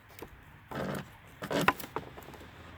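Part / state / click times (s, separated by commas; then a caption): turn signal bulb socket into taillight housing / seated / 1.7 s. A turn signal bulb socket on a 2003 to 2007 Saturn Ion is pushed into the plastic taillight housing and twisted, with a brief rustle followed by a short scraping twist. It twist-locks with a sharp click at 1.7 s, then a couple of lighter ticks, meaning it is seated tight and will not come out.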